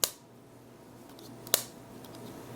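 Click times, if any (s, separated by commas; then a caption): 0.0 s, 1.5 s. The glossy piano-black plastic lid of a Lenovo earbud charging case is snapped shut onto the case body twice, with sharp snaps at 0.0 s and 1.5 s and faint ticks in between. Each closing gives a somewhat hollow snap, and the lid seats shut both times.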